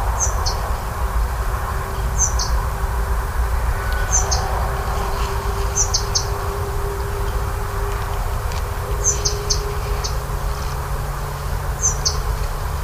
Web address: ljud Muscicapa striata